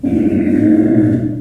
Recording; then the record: squeal of a Yucatan mini pig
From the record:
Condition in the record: after surgery on the right vocal fold (resection and tissue-engineered implant); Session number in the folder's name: 3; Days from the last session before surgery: 21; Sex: female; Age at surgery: 19 weeks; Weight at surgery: 25 kg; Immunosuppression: prednisolone